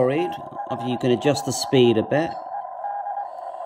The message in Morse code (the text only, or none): THISTED